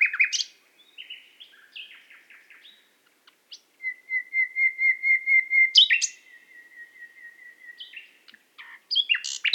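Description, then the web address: Nightingale song: varied short notes, then a long pure whistle that swells repeatedly, followed by more chattering phrases. Qatar. "qatar birds qatar birds nightingale"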